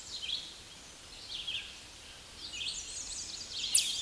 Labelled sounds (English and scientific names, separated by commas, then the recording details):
American Redstart (Setophaga ruticilla) song
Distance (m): 50 m
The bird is about 15 m above the microphone
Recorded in a Pennsylvania forest on 16 May 2024 at 06:56
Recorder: AudioMoth, point MSD-1411
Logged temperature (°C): 16.1 °C
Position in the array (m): 49 m, 223 m